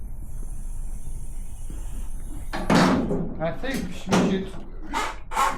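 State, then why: Not seated. The frame of a Di Blasi folding moped is folded further so its frame locking clip can go behind its catch. A steady low hum runs under the first two and a half seconds, then the frame shifts and clatters in several loud bursts of handling noise while someone talks. The frame is only being moved and positioned, and the clip has not clicked or engaged yet.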